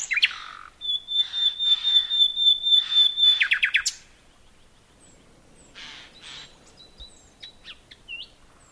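Nightingale song: a sustained pure high whistle over a rapid, pulsing series of loud notes that ends abruptly, then softer scattered whistles and chirps.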